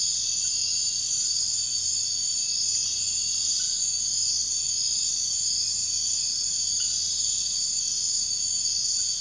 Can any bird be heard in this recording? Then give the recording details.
no. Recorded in dense forest near Puerto Asís, Putumayo, Colombia, on 13 March 2025 at 02:00. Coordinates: 0.484, -76.317. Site G064